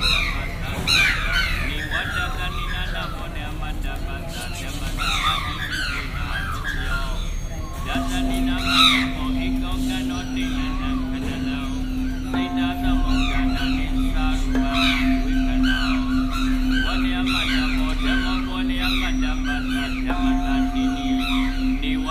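At Shwedagon Pagoda in Yangon, a crowd of voices murmurs and chatters continuously, with bright bird-like chirps scattered throughout. From about eight seconds a steady low ringing tone sounds, like a struck bowl or bell, fading and returning around 12, 15 and 20 seconds.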